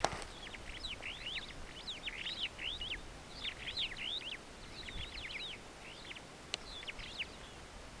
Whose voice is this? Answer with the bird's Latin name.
Lamprotornis superbus